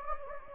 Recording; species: mosquito wingbeat signal from an infrared sensor; Anopheles gambiae